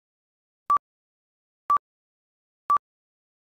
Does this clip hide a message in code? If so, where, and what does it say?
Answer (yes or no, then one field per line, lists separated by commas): no